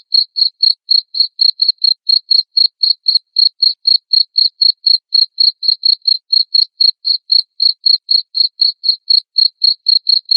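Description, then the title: Cricket calling with unbroken, evenly spaced high chirps, roughly four each second, nothing else audible. Loud cricket chirping played to make lovebirds sing continuously. "Suara JANGKRIK NGERIK Keras Bikin LOVEBIRD Jadi NGEKEK Terus"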